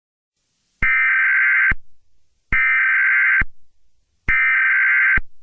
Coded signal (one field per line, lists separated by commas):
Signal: Emergency Alert System (SAME) tones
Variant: header bursts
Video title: (EAS Scenario) Wildfire (Walking Dead)